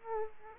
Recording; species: mosquito wingbeat signal from an infrared sensor; Aedes aegypti